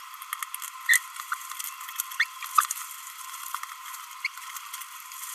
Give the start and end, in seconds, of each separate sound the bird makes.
0.86-0.98, 2.20-2.24, 4.25-4.27